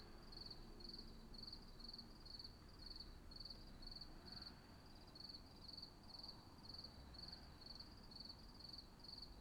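Cricket giving evenly spaced, high trilled chirps roughly two each second over a soft rumbling background.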